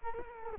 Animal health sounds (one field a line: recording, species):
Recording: mosquito wingbeat signal from an infrared sensor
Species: Culex quinquefasciatus